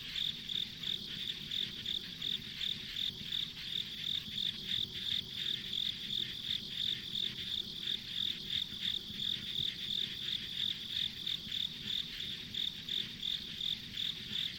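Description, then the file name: Insect song of repeated shrill chirps, evenly spaced about three a second for the whole stretch, with soft rumble and hiss behind. Insects as ambient sound on a country road in the countryside. "田舎道の虫の環境音"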